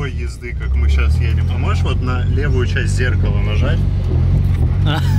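A Nissan Silvia S14's door mirror glass is handled while the car drives, with someone about to press the left side of the glass into the mirror housing. Someone talks over a steady low engine rumble. Nothing has seated or clicked yet.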